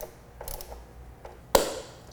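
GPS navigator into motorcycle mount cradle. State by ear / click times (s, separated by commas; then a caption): seated / 1.6 s. A Garmin Zumo XT2 GPS navigator is pressed into its motorcycle mount cradle on a 2025 BMW 1300GS Adventure after the mount screws have been tightened. A few faint small clicks come first, then a single sharp, loud snap at 1.6 s as the unit easily snaps into place and is seated.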